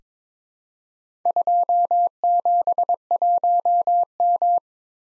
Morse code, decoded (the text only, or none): 271M